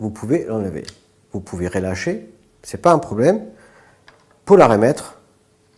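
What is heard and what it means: A quick-release plate for a camera and prompter is handled near its mount while someone talks, with a few faint ticks at about 4.1, 4.3 and 5.8 seconds. The plate has not been put back into the mount yet, and nothing has clicked or locked into place.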